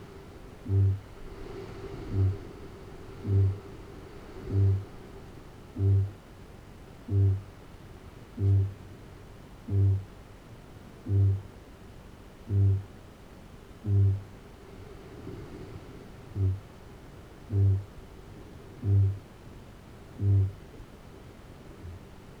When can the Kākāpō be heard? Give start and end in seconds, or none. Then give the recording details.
0.00-20.84, 21.53-22.25. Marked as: faintness 2/5, faintness 3/5. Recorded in New Zealand. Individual Arab